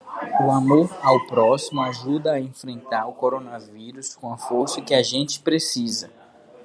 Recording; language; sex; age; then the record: spoken sentence; Brazilian Portuguese; male; 30 to 39 years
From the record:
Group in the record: control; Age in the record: 30 years